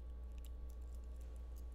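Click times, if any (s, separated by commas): none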